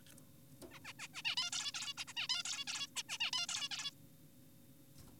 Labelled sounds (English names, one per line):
Zebra Finch